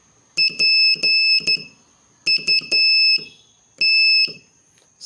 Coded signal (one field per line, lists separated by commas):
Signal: Morse code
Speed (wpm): 11 wpm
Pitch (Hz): 2600 Hz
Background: none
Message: PUT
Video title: Morse Code Practice Session 8